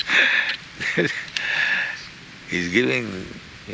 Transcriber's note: laughs